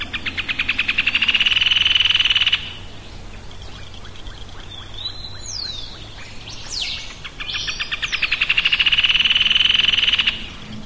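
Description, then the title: Bird song of fast buzzy trills that swell and fade, two long rattling bursts with sliding whistled notes and short chirps between them. "LuckyPassaro Completos2Sama"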